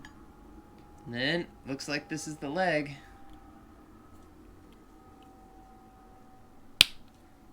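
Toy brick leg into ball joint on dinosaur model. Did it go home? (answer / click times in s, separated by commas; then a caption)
yes / 6.8 s. Someone talks, and after a pause a plastic leg piece on a toy brick dinosaur model is pressed onto its ball joint. It snaps in with one sharp click at 6.8 seconds and is seated.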